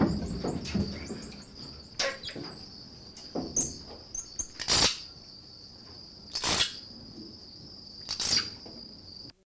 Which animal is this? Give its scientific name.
Aratinga wagleri